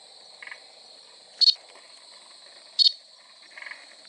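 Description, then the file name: Desert froglet calling with two crisp, clicking chirps about 1.4 seconds apart, over a constant high-pitched insect drone and soft background buzzes. "crinia deserticola"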